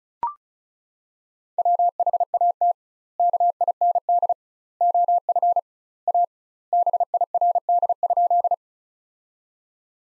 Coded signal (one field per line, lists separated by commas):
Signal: Morse code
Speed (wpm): 34 wpm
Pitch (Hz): 700 Hz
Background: none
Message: WHAT KIND OF A BIRD?